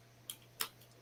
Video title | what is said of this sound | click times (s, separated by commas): First unboxing of 2023 18+ | Okay, good firm solid click. | 0.6 s